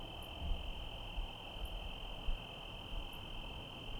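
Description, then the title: Cricket song as a continuous high-pitched trill, with soft rumbling rain and passing-car noise underneath and a few faint high ticks. Night ambience in Trinity County, California, USA, on 17/10/25 around 05:06, with rain and cars; recorded on a Zoom H1 with internal XY mics. "Trinity County, Californie, États-Unis d'Amérique - 17_10_25_05_06 grillons nuit voitures PLUIE"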